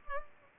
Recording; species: mosquito wingbeat signal from an infrared sensor; Culex pipiens